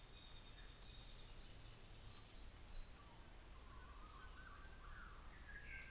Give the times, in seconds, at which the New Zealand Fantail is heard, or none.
4.35-5.90